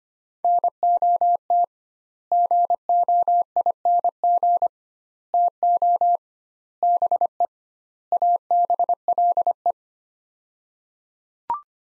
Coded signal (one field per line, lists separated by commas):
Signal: Morse code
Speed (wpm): 25 wpm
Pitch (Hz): 700 Hz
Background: none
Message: NOT GOING TO BE ABLE